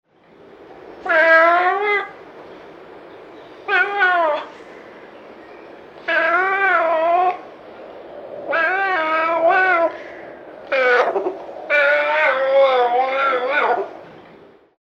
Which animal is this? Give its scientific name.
Leopardus pardalis